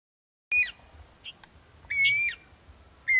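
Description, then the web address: Guira cuckoo calls: three loud, harsh squawking bursts with a level piercing whistled tone. Pantanal. "Anu Branco. sescpantanal"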